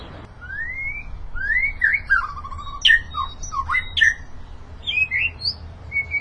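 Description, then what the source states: White-rumped shama song: rising whistled slurs followed by a jumble of quick varied notes and sharp chips, with a low hum underneath. Moderate-style song.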